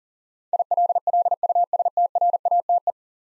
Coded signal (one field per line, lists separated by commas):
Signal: Morse code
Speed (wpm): 44 wpm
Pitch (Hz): 700 Hz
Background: none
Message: ILLUSTRATE